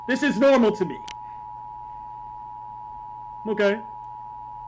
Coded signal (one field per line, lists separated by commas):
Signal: Emergency Alert System (SAME) tones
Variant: 853 and 960 Hz attention tone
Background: speech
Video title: EAS Alarms From Around The World REACTION